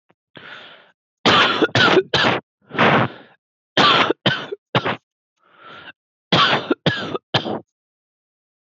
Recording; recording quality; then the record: heavy voluntary cough; excellent, no background noise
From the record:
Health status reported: healthy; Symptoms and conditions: none ticked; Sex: male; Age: 19 years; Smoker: not ticked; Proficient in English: yes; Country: India